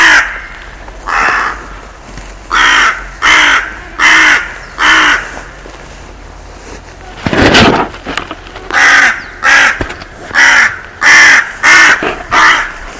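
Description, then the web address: Bird repeating loud, hoarse caws in a long steady series, broken by a single noisy burst midway before the calling resumes. "cianscape. Deverinetal 2025. Bird Only"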